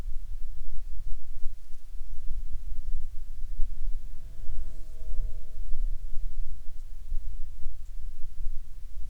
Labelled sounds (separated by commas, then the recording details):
bird, wind, insects
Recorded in Ivvavik National Park, Yukon, on 27 June 2019 at 21:43
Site SINP03